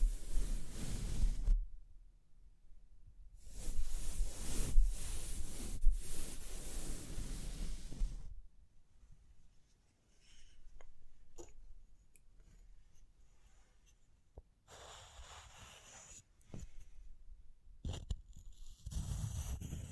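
Scratching and brushing come in two dense, loud bursts, one in the first second and a half and a longer one from about 3.5 to 8 seconds. After that, quieter tapping and soft crinkles follow in scattered clicks and short rustles, with a brighter brushing patch near 15 seconds.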